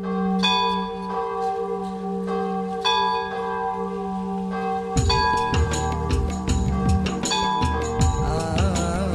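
Church bells peal continuously, their strikes overlapping over a low sustained drone at first, then growing denser and more clangorous as more bells join in midway. No voices.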